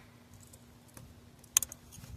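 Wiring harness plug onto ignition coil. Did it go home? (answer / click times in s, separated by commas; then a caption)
yes / 1.6 s. The wiring harness plug is pushed onto ignition coil number 2 of a 2004 Honda Accord during spark plug coil replacement, with a faint tick at 1.0 s amid low background hum. A loud, sharp click at 1.6 s is followed by two smaller clicks, confirming the connector has seated on the coil.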